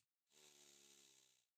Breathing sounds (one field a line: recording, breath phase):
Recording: one breath near a microphone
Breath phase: inhalation